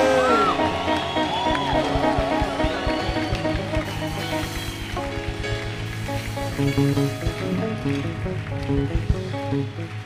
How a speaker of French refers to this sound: peut mieux acclamer encore. Avec des cris de joie.